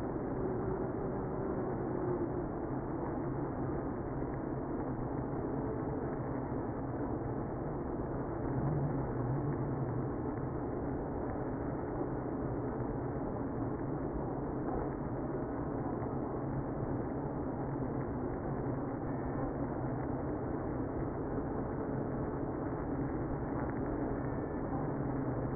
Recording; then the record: honeybee colony, microphone inside the hive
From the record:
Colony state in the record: queenless (queen removed); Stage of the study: after two queens were removed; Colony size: about 60,000 bees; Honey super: yes